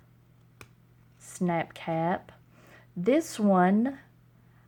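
A slim pen's cap is pressed onto the pen body and snaps into place with a short, sharp click at 0.6 s, seating the cap. Someone then talks over a faint steady hum.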